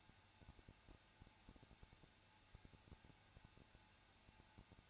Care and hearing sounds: daily activity, microphone in the room; no activity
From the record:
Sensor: 2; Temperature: 21.0 degrees Celsius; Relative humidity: 34.2%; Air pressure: 994.4 hPa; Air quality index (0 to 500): 170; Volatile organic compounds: 3 ppm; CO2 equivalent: 1325 ppm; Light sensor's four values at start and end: 2/3/2/2 and 2/3/2/2

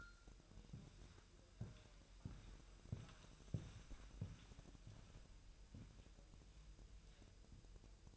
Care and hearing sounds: daily activity, microphone in the room; walk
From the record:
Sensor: 2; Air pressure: 1001.9 hPa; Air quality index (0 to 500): 234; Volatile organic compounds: 63 ppm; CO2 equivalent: 3454 ppm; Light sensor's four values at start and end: 7/17/7/7 and 7/17/7/8

